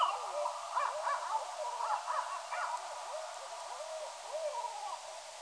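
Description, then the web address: Barred owl cackling, a dense run of rising and falling hooting notes and squawks that slowly fades toward the end, over a constant hiss. Recorded at Danby on 9 October 2019 at 03:56. "Danby BAOW 9 Oct 19 0356"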